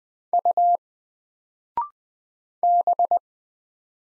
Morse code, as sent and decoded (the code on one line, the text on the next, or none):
..- / -...
U B